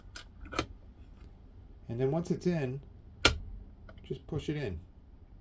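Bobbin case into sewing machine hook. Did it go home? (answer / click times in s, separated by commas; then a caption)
no / none. A bobbin case is handled at the hook area of a BERNINA 800 sewing machine, with a few short metallic clicks and taps, including a sharp one near 3.2 seconds, while someone talks. It has not yet been pushed home onto the pin, and nothing has seated or clicked into place yet.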